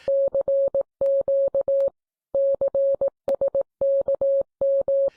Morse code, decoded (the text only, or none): CQ CSKM